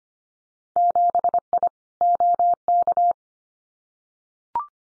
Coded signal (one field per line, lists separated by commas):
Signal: Morse code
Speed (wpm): 25 wpm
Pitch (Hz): 700 Hz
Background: none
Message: 7I OK